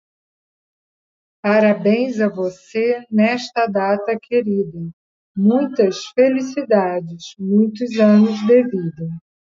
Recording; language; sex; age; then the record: short text; Brazilian Portuguese; female; 60 to 69 years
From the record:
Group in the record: control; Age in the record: 66 years